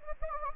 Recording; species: mosquito wingbeat signal from an infrared sensor; Anopheles gambiae